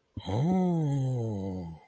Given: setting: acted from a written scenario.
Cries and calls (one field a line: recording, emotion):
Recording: vocal sound without words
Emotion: awe